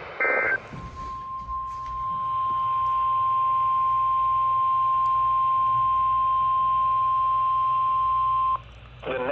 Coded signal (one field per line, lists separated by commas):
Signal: Emergency Alert System (SAME) tones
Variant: 1050 Hz attention tone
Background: speech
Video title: EAS Alerts from the last half of 2022: EAS#366-375